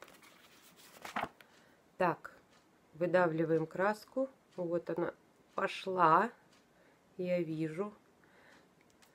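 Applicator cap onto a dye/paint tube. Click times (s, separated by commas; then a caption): 1.2 s. An applicator cap, which does not screw on, is pushed onto a dye/paint tube and snaps into place with a short click at 1.2 s, seating it. Someone then talks through the rest of the clip, with faint handling noises near the end.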